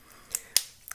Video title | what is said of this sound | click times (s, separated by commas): How to change a bezel and strap on Casio GShock GA100 watch #jaysandkays | push it on over and once you have it lined up it'll snap into place so there's your new bezel | 0.6 s